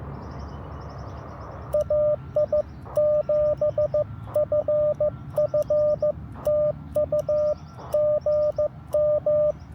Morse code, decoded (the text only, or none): AI7FF TU GM